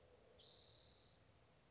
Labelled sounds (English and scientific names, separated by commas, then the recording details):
Spotted Towhee (Pipilo maculatus)
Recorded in Sonoma County, California